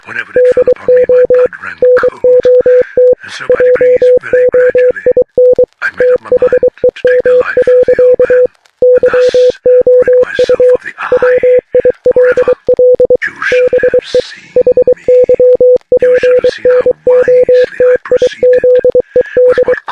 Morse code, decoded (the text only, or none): DO NOT JOIN THEM. YOU WILL BE HYPNOTIZED